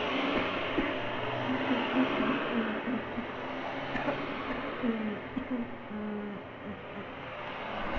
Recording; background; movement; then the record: throat clearing; traffic; sitting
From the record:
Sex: female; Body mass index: 36.4 kg/m2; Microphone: on the chest, facing outward